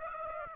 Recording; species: mosquito wingbeat signal from an infrared sensor; Aedes aegypti